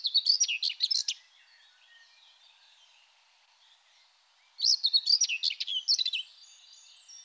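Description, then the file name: Common whitethroat singing two short, scratchy, jumbled phrases, the second starting after a pause of about three and a half seconds and running near two seconds. "Fauvette grisette"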